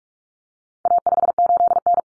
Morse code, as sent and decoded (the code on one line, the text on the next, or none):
.- ..... ---.. -.
A58N